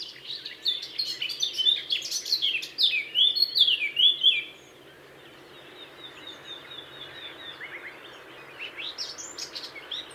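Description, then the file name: Eurasian blackcap song: a lively, varied warble for about four seconds, then quiet with only faint high notes returning near the end. "Sylvia atricapilla"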